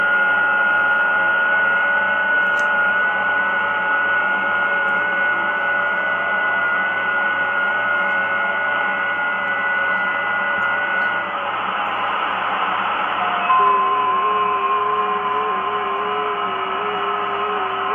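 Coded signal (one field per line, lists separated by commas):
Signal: FT8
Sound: several faint steady warbling tones over hiss, changing to a new set of tones partway through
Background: radio static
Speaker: so let's put the volume up and let it decode for a little while you guys can see what it looks like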